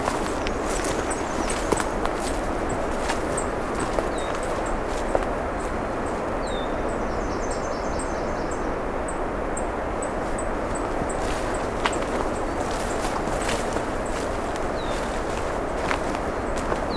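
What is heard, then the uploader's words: Steady dense hiss of wind or running water fills the recording, with thin high bird chirps and squeaks scattered throughout, some faint clicking. We’re continuing along the road allowance that skirts the edge of the national park lands. Along the way we’ll hear some Black-and-white Warblers, Red-winged Blackbirds, Blue Jays, and more.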